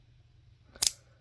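A plastic part of a Crossfight B-Daman CB-38 Drift Peacock model kit is pressed onto the toy model body so its pegs go through the holes. After a faint lead-in, a loud, sharp snap comes at 0.9 s. The part snaps into place easily and is seated.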